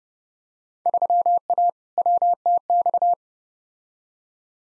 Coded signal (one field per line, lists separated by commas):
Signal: Morse code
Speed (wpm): 30 wpm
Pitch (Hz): 700 Hz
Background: none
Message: 3A WTX